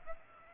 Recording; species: mosquito wingbeat signal from an infrared sensor; Aedes aegypti